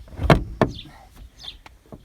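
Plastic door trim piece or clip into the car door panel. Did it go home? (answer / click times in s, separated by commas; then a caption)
no / none. A plastic door trim piece or clip is pushed into the door panel of a 1989 Ford Probe GT during door panel removal. Two sharp plastic knocks come at about 0.3 and 0.6 s, followed by fainter taps and scrapes. The piece has not clicked or seated yet.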